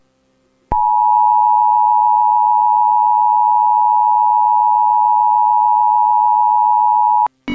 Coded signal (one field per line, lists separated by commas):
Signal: Emergency Alert System (SAME) tones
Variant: 853 and 960 Hz attention tone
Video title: EAS Scenario: The Walklings